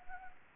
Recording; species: mosquito wingbeat signal from an infrared sensor; Anopheles arabiensis